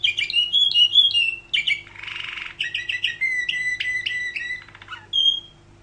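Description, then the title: Canary song, a rapid run of bright whistled trills and warbles, broken by a harsh buzzy burst near two seconds and a short rattling trill before a final high note. "Kenari"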